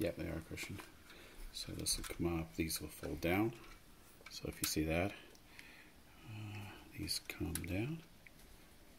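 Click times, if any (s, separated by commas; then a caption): 8.3 s. Someone talks while handling a 1:6 scale Ecto-1 model car, folding its small plastic proton pack holders down. A sharp click at 8.3 s marks a holder locking into place, and it is seated.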